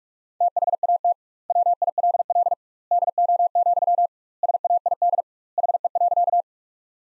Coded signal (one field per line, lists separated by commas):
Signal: Morse code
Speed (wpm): 46 wpm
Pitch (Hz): 700 Hz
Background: none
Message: THAT WILL DO, SAID HE.